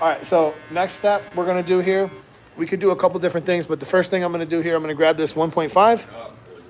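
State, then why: Not seated. A man talks while a barber picks up a 0.5 plastic guard to fit onto the hair clipper blade. The guard has not yet been put on, and nothing has seated or clicked yet.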